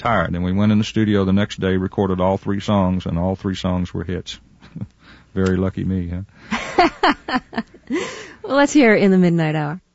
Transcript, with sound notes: And we went in the studio the next day, recorded all three songs, and all three songs were hits. Very lucky me, huh?
(Laughter) Well, let's hear it "In The Midnight Hour."